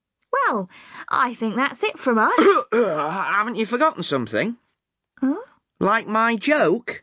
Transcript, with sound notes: Well, I think that’s it from us….
{cough} Haven’t you forgotten something?… Like my joke?